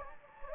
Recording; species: mosquito wingbeat signal from an infrared sensor; Anopheles gambiae